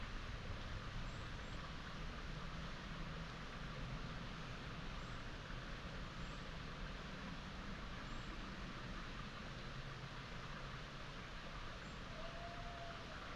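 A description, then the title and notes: A steady, unbroken rush of moving water from a stony stream fills the whole clip, dense and even from low rumble to bright hiss. The level never changes. A few faint, brief chirps and a short whistle near the end sit just above it. Bucolic dell in upland meadows. Farm machinery, A-roads, the flight paths to Manchester's ringway airport, though quite feint, are in range of hearing.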